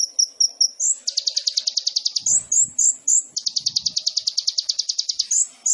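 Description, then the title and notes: Sunbird song: high piping chips lead into two rapid buzzy trills, separated and followed by sharp squeaky notes. Indonesian masteran training recording of a gacor (actively singing) sunbird, full of isian (fills) and luxurious tembakan (bursts), suitable as pancingan to prompt other birds to sing. "MASTERAN KOLIBRI NINJA FULL ISIAN DAN TEMBAKAN COCOK BUAT PANCINGAN. Suara Burung Kolibri Ninja Gacor"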